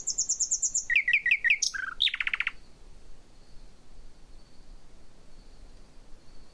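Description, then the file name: Common nightingale song phrase: a run of bright repeated whistled notes, then lower repeated slurs, ending in a fast dry rattle; a thin steady high hum continues afterward. "Luscinia megarhynchos"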